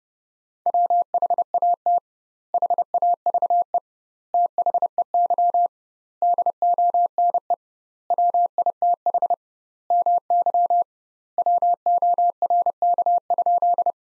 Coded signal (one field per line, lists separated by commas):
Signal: Morse code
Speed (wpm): 32 wpm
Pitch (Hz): 700 Hz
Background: none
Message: WHAT HAVE THEY DONE WITH MY WORK?